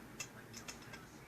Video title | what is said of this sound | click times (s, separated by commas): M&P Series Competitive Action Enhancement Kit Full Install How To | so I actually didn't have it all the way pushed on | 0.2 s